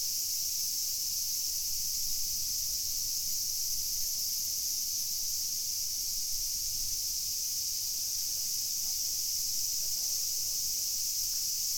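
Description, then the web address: Cicada song, a continuous high-pitched buzzing drone that holds steady throughout without breaks, over a faint low hum. Recorded on 2 August 2021. "fukudai 210802 fu cicada 20210802"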